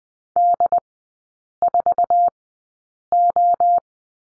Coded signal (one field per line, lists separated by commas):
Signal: Morse code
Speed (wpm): 20 wpm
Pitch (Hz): 700 Hz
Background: none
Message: D4O